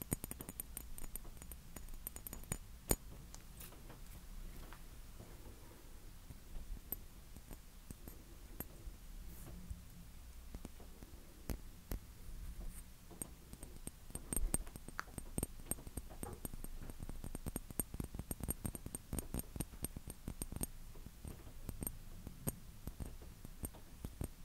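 Tapping and scratching: a dense, irregular run of small clicks and taps fills the whole stretch, growing busier and sharper after about fourteen seconds. A steady low hum sits underneath, with faint high whining tones near the start.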